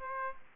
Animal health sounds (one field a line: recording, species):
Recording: mosquito wingbeat signal from an infrared sensor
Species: Aedes aegypti